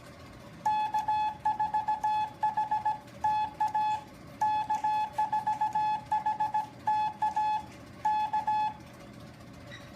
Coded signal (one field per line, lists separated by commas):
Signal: Morse code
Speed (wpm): 17 wpm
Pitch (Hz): 860 Hz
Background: none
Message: K4HTA K4HTA K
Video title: Contesting vs Rag Chewing